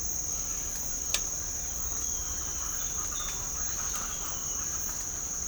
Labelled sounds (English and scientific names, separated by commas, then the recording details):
none
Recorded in pastures near Puerto Asís, Putumayo, Colombia, on 20 December 2024 at 07:00
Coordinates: 0.496, -76.326
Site G004